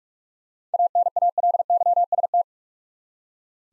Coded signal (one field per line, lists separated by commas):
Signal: Morse code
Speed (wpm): 46 wpm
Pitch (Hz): 700 Hz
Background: none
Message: ANALYST